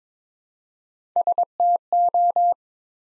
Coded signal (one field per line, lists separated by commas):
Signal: Morse code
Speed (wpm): 22 wpm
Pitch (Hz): 700 Hz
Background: none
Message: STO